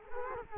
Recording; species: mosquito wingbeat signal from an infrared sensor; Culex quinquefasciatus